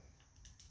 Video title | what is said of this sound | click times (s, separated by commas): How to connect your MC4 plug follow for more #solar #lithiumbatteryinverter #hybridinverter | can hear the clicking of it. | 0.5 s, 0.6 s